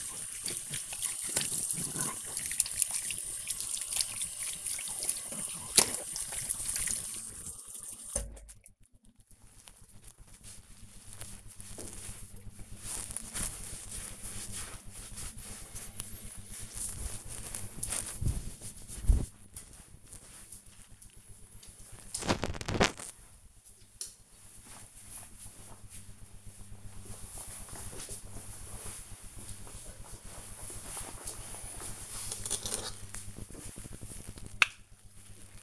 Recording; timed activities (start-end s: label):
household activities, microphone on the right wrist
0.00-8.69 s: washing hands
31.84-35.63 s: cream hands